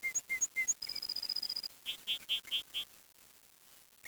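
Bird calls: three short high whistled notes, then a steady thin buzzy trill, then five quick rasping chirps, followed by near silence.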